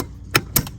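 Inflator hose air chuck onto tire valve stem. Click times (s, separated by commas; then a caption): 0.6 s. On a repeat attempt, the slip-on air chuck of a MORRFlate Quad inflator hose is pushed onto a tire valve stem and then released. A sharp click at 0.4 s is followed by a louder pop at 0.6 s as the chuck seats onto the valve, with a faint tick at 0.7 s. The chuck is confirmed seated on the valve stem.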